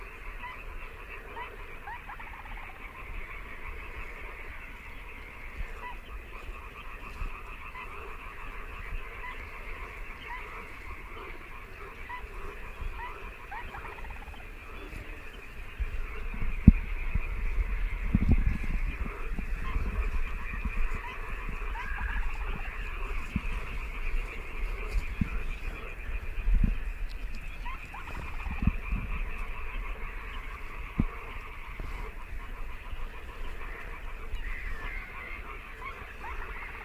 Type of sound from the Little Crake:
call